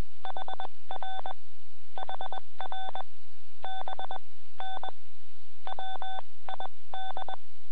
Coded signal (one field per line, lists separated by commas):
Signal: Morse code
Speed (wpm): 21 wpm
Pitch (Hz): 3500 Hz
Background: none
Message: HR HR BN WID